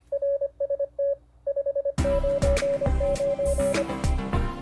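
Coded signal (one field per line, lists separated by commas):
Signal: Morse code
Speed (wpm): 25 wpm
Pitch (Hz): 560 Hz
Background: music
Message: RST 599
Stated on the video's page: Morse keyed through electronic keyers, standalone or built-in, and practice oscillators.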